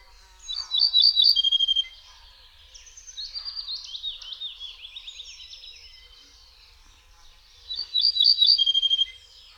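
Ortolan bunting song: a brief series of clear, evenly repeated high notes dropping to lower ones, heard at the start and again near the end, with varied warbling between.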